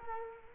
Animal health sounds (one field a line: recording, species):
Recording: mosquito wingbeat signal from an infrared sensor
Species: Culex quinquefasciatus